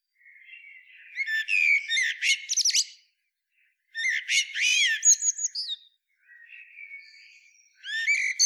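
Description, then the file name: Eurasian blackbird sings several phrases, each starting with low warbled notes and breaking into a rapid, high, squeaky twitter, with gaps between them. "Turdus merula"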